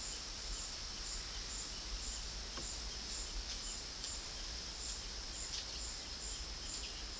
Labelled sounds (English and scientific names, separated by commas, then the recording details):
none
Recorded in dense forest near Puerto Asís, Putumayo, Colombia, on 19 February 2024 at 12:00
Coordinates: 0.481, -76.318
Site G6421